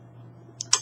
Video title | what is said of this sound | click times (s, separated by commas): Ch.2.3-SigFigs reading instruments | until he becomes too heavy and it's very important you actually lock these guys in place | 0.7 s